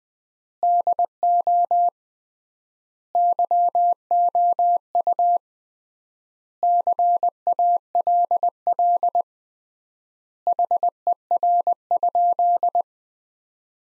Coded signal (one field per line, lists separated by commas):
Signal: Morse code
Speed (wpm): 21 wpm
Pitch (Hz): 700 Hz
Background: none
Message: DO YOU CALL HER?